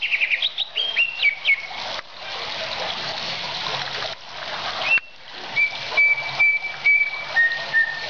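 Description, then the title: Oriental magpie-robin song: loud, varied whistles with quick slurred notes, a burst of splashing noise, then long pure held tones stepping down in pitch. "Kicau Kacer"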